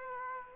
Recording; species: mosquito wingbeat signal from an infrared sensor; Aedes aegypti